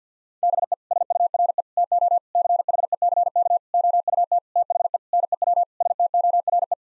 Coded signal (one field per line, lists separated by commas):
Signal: Morse code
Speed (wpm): 50 wpm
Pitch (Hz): 700 Hz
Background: none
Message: BE SURE TO CHECK OUT THE NEW STORE